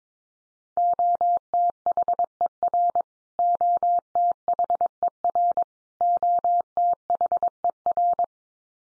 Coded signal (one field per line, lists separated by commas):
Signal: Morse code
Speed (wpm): 22 wpm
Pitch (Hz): 700 Hz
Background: none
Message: OTHER OTHER OTHER